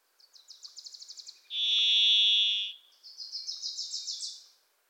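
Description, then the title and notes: Varied thrush: a fast trill of rhythmic chips leads into the varied thrush's drawn-out, vibrating whistle, and then a second quick, rising chatter follows. Pacific Northwest forest; a Wilson's Warbler sings alongside, as if urging the thrush to come forward. "The Varied Thrush, Ixoreus naevius, is a wisp in the forests of the Pacific Northwest."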